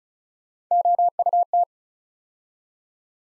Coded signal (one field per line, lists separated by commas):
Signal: Morse code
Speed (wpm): 36 wpm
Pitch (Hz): 700 Hz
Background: none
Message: OUT